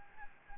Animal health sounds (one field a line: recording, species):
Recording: mosquito wingbeat signal from an infrared sensor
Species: Anopheles gambiae